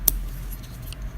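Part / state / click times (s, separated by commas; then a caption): double-lock slider on a folding knife's liner lock / seated / 0.1 s. A double-lock slider on the liner lock of a Colonel flipper folding knife, which is not spring assisted, is pushed into place so the liner can no longer be pushed over. A sharp metallic click sounds at 0.1 s, followed by a much fainter tick at about 0.9 s over low background noise. The double lock is engaged and seated.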